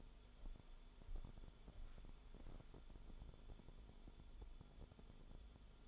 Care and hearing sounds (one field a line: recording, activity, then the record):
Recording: daily activity, microphone in the room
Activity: walk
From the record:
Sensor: 5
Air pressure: 1015.4 hPa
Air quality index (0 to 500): 176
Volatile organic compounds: 6 ppm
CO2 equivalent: 1916 ppm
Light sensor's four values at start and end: 37/86/35/34 and 36/82/33/32